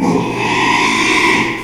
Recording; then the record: squeal of a Yucatan mini pig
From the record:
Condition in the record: after surgery on the right vocal fold (resection and tissue-engineered implant); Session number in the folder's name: 1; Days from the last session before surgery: 6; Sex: male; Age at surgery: 12 weeks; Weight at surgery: 13 kg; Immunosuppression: cyclosporine, prednisolone